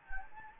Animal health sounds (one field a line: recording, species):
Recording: mosquito wingbeat signal from an infrared sensor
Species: Anopheles gambiae